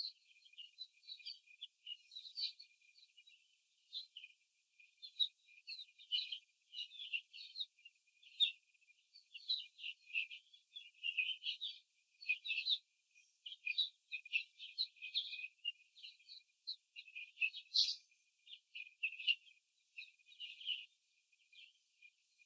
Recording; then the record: young laying hens in a cage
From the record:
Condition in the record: after the stressor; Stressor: simulated dog barking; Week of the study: 3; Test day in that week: 1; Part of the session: 3